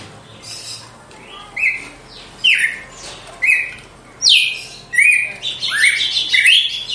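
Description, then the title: Red-cowled cardinal song: loud clear whistled and slurred phrases, rising and falling, repeated about every second, ending in a dense run of overlapping notes. Female; song described as pure, strong, clean and measured 'açoite'. "Canto Galo Campina Fêmea 02. GALO DE CAMPINA, AÇOITE PURO, FORTE, LIMPO E COMPASSADO"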